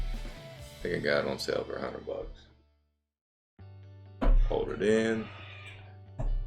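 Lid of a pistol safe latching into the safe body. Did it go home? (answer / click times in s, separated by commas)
yes / 6.2 s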